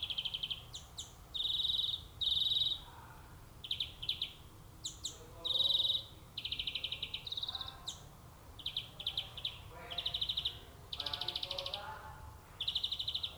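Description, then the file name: European greenfinch producing many buzzy trilled bursts and wheezy notes in a steady stream, with fainter lower-pitched sounds in the background. "Chloris chloris"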